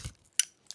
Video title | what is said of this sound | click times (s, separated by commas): Lowrider ST El Diablo - A10 Moto "Cut In" Recessed LP6 Mount Combo Kit + S1 Turn Signal Install | and clicks. Audible click let you know that it is in place. | 0.4 s